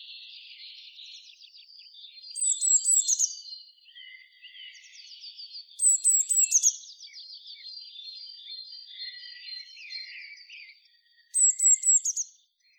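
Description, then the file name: Eurasian blue tit giving three short bursts of very high, thin, slightly descending notes, a few seconds apart, over a steady twittering background. "Cyanistes caeruleus"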